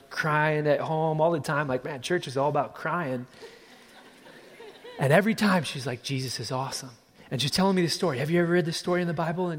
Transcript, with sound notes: She’s crying at home all the time. It’s like, “Man, church is all about crying.” (Laughter!) And every time, she’s like, “Jesus is awesome!” She’s telling me the story. “Have you ever read the story in the Bible?